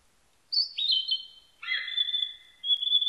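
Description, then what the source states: Narcissus flycatcher song: clear whistled notes, a high falling phrase, then a sustained whistle, and another sustained whistle starting at the end. Recorded 21 May 1999.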